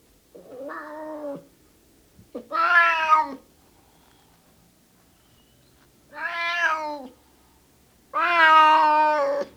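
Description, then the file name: Cat meowing four times in two pairs, each call long and harmonic with a slight downward sweep, the later meows louder than the first. Male cat (tomcat) meowing. "Miauwen van een kater - Sound Cloud - Beeld en Geluid"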